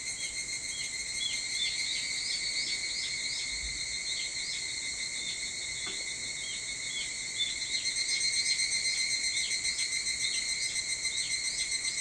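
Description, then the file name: Evening cicada chorus: continuous shrill ringing tones with quick repeated downward notes, growing into a loud rhythmic pulsing toward the end. Recorded 22 July 2023 at 04:40. "higurashi 230722 0440"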